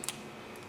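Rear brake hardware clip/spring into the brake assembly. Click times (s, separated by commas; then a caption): 0.0 s, 0.1 s. A rear brake hardware clip on a Ford Expedition, already hooked on at the bottom, pulled around and caught at the top, is pushed with a finger into the brake assembly. Two sharp metallic clicks come at 0.0 s and 0.1 s over a quiet background. The clip snaps and seats in place.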